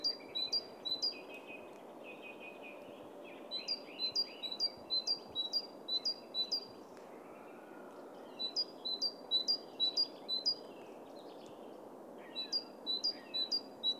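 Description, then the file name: Great tit song: bright two-note phrases repeated rapidly in runs of several, with pauses between runs, over steady background noise. "Parus major"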